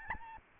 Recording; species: mosquito wingbeat signal from an infrared sensor; Aedes albopictus